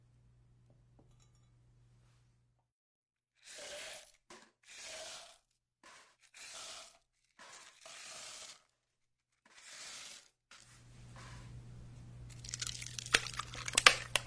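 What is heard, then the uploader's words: Kitchen sounds from making cookies and cake: a low steady hum for the first two seconds, a pause, then a run of short rough bursts about a second apart. The hum returns near eleven seconds with crinkly crackling that grows busier and sharper toward the end. Make matcha milk almond cookies hazelnut cake.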